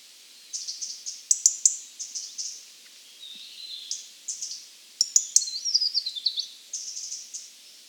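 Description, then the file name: European robin song: several high, thin, tinkling phrases with rapid trills and sliding notes, broken by short pauses. "Erithacus rubecula"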